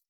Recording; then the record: hydrophone in a shrimp aquaculture tank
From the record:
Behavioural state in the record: starved